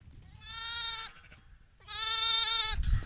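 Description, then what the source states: Sheep: lamb bleats: two long, steady, rich-toned bleats, the second starting after a short pause. Orphaned poddy lambs brought home and bottle-fed on Elab Station, northwest Queensland, 90 km south of Huendon, after six years without a decent season.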